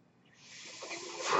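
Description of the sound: A soft, airy hiss swells steadily over about a second and a half, like air rushing through tubing: a breath being delivered by a mechanical ventilator.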